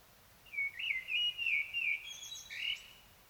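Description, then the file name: Common blackbird delivering a smooth, low whistled warble that rises and falls, finished by a brief high squeaky flourish. "Turdus merula"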